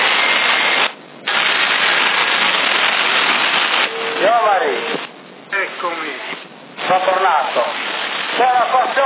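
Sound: rain falling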